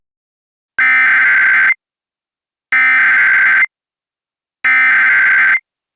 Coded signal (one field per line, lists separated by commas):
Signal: Emergency Alert System (SAME) tones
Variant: header bursts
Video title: EAS Scenario - Asteroid-X